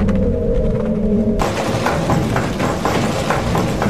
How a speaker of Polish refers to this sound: Można też posłuchać charakterystycznego, niepokojącego dźwięku wydawanego przez kręcący się wiatrak.